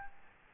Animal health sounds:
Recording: mosquito wingbeat signal from an infrared sensor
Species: Aedes albopictus

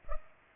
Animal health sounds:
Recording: mosquito wingbeat signal from an infrared sensor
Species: Culex pipiens

